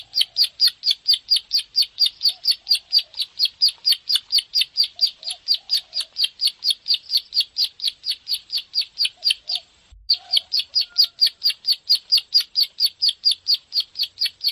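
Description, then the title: Bar-winged prinia song, a long rapid series of sharp chirping notes with one brief pause before the series resumes. Recording made for training songbirds. "Masteran Ciblek"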